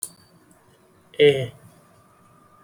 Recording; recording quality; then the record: sustained vowel as in made; excellent, no background noise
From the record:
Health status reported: exposed to COVID-19, no respiratory illness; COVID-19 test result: negative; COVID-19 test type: rapid antigen test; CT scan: not taken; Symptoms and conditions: cough, breathing difficulty, diarrhoea, another respiratory illness, another condition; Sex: male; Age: 27 years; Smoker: no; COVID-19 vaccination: none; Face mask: worn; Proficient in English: yes